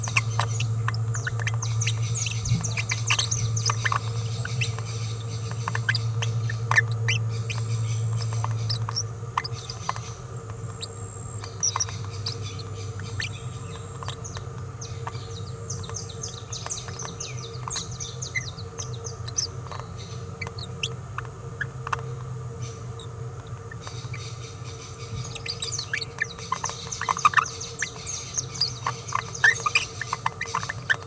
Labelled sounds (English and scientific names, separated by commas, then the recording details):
Green-rumped Parrotlet (Forpus passerinus) babbling
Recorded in a nest box in Venezuela
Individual 18B17A4